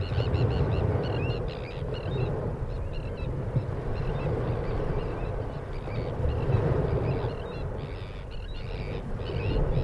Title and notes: Just Sandwich terns calling over the waves falling on the shingle beach.